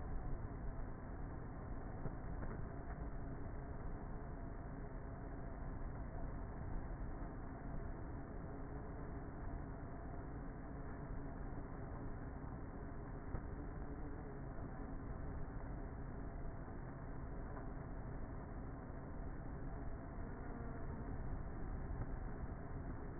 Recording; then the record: honeybee colony, microphone inside the hive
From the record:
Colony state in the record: queenless with a low population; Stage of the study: before two queens were removed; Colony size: about 30,000 bees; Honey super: no